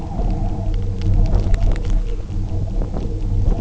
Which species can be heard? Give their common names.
none